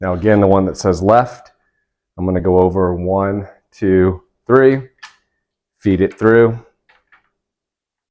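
Someone talks while feeding a left-side plastic LED grille light pod through the front grille of a Ford Bronco, with a couple of faint brief handling sounds near 5.0 s and 6.9 s. The pod has not snapped into the grille yet; nothing has seated or clicked.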